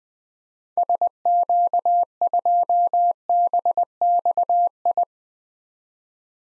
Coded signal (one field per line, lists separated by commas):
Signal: Morse code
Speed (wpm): 21 wpm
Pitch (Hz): 700 Hz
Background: none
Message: SQ2BXI